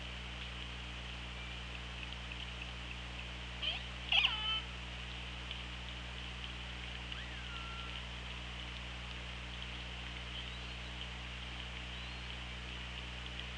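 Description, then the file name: Orca calls underwater: a short loud call with harmonics near four seconds, a fainter call around seven seconds, then faint whistles, over steady low hum. OrcaLab hydrophone, 24 August 2017, 15:37:19. "Orca Lab UTLN JASON 20170824 153719"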